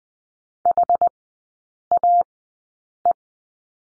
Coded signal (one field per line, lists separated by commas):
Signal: Morse code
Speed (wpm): 20 wpm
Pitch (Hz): 700 Hz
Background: none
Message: HAE